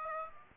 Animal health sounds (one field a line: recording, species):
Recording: mosquito wingbeat signal from an infrared sensor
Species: Aedes aegypti